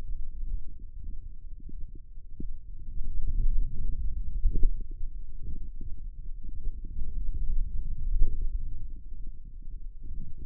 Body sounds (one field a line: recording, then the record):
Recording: forearm muscle sounds (acoustic myography)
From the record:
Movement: finger pinch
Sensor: system 2, bracelet of six BSWA MPA416 microphones around the upper forearm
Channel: 4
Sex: male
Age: 22 years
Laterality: right